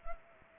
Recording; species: mosquito wingbeat signal from an infrared sensor; Culex pipiens